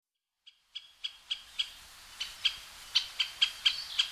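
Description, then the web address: Great spotted woodpecker starting a run of sharp, high call notes after a brief silence, with a couple of short gaps. Recorded on Sado island, Japan, on 19 June 2009. "koe akagera 090619 osado mju"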